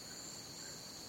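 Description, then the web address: Crickets trilling in a steady, unbroken high-pitched drone with two even tones, no pauses. Crickets in a jungle. "the sound pack tree. jungle crickets"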